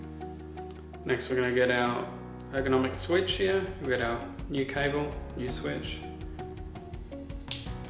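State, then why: Seated. On a Merida E160 e-bike being upgraded from an E8000 to an EP8 system, the new ergonomic switch's cable plug is pushed into its socket while someone talks over background music. A sharp, bright click at 7.5 s marks the plug seating.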